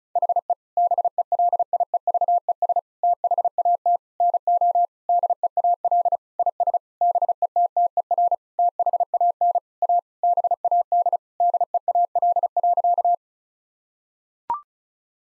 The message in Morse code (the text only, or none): HE BELIEVES THAT NO DEAL IS BETTER THAN A BAD DEAL.